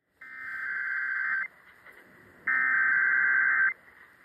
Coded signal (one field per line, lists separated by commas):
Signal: Emergency Alert System (SAME) tones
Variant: header bursts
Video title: Buffalo, NY Required Monthly Test (10/4/22)